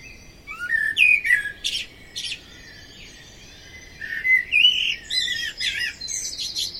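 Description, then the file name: Common blackbird song with rich, rounded whistles sliding up and down, each phrase ending in sharp, high-pitched twittering notes. "Amsel singt"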